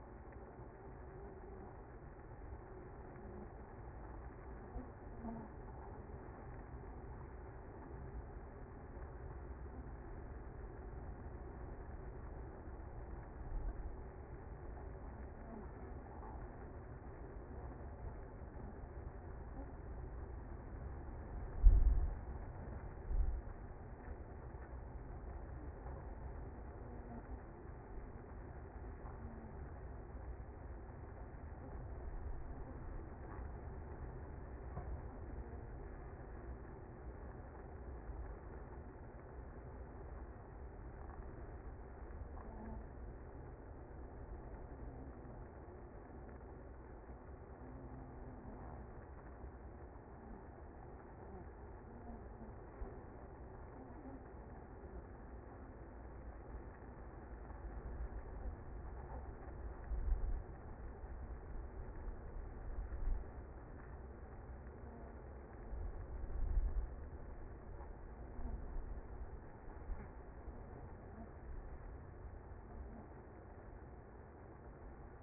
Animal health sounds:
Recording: honeybee colony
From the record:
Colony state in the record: active

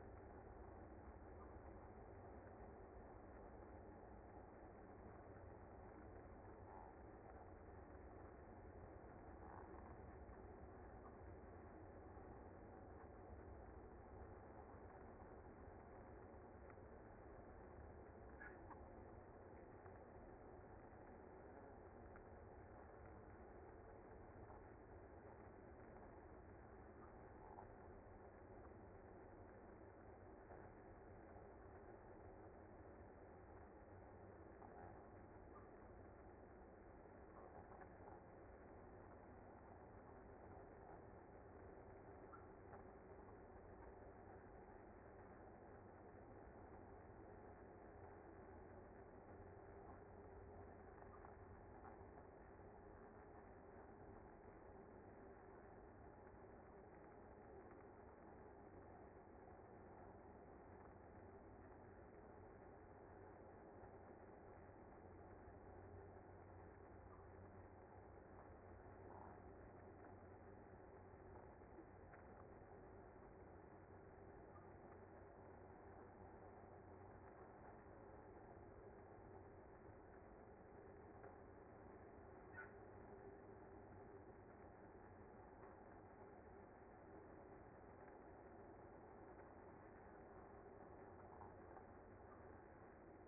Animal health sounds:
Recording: honeybee colony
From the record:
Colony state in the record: active

